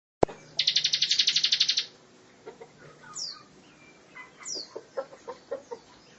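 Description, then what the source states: Lovebird trilling in one fast buzzy burst over a second long, then softer lower clucking notes and two sharp downward chirps. Song style locally called ngekek panjang, a long trill.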